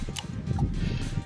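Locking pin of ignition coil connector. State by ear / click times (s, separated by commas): not seated / none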